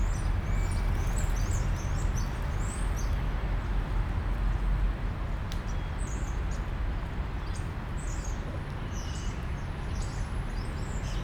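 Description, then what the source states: European starling chatter, clusters of short high whistles and clicks above a continuous low roar of traffic. Starlings in plane trees, Parc Pierron, Molenbeek-Saint-Jean, Brussels, Belgium; city park with car and tram traffic; recorded with Lom mikroUsi AB microphone into Deity PR-2.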